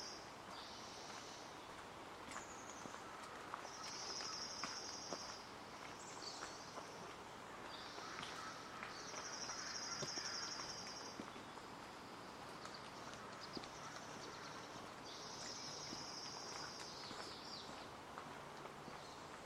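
Outdoor ambience at Hoyt Arboretum in Portland, Oregon, with a steady, dense bed of low rumble and hiss, likely traffic. A high, buzzing trill, perhaps a bird or insect, repeats in bursts of about two seconds, roughly every five to six seconds.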